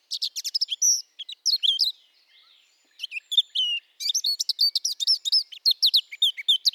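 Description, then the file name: Eurasian blackcap song, a fast scratchy warble of varied chirps and slurred whistles in bursts, with a short pause near the middle before the warbling resumes. "Sylvia atricapilla"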